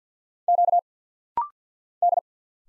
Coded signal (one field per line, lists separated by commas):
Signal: Morse code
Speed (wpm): 48 wpm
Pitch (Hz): 700 Hz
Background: none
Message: Q D